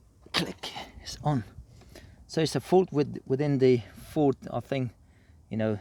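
A Ford passenger footwell air duct outlet is pushed onto its mount under the dashboard and clips on with a sharp, loud click at 0.4 s. Someone then talks for the rest of the clip.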